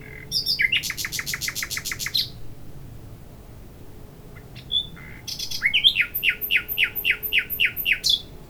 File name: Luscinia megarhynchos